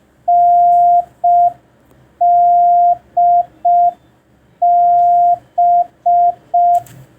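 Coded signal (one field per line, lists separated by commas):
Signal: Morse code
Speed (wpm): 5 wpm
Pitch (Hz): 700 Hz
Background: none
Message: NDB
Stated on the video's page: Day 3 of a ten-day Morse code learning tutorial.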